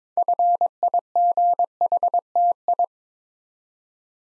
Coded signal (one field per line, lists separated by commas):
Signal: Morse code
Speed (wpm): 23 wpm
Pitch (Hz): 700 Hz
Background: none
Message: FIGHTI